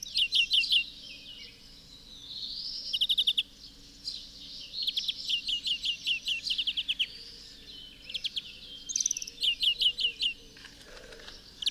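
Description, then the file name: European greenfinch twittering: bursts of rapid chirping notes and trills with a wheezy underlying tone. "Chloris chloris"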